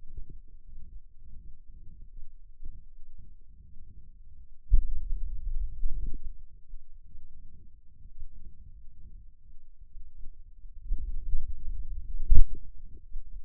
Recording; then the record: forearm muscle sounds (acoustic myography)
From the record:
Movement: finger pinch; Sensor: system 2, bracelet of six BSWA MPA416 microphones around the upper forearm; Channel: 2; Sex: male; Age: 22 years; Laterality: right